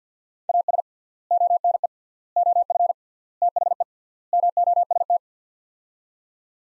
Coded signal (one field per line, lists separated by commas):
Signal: Morse code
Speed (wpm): 50 wpm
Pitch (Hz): 700 Hz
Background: none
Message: AS ONE OF THE MOST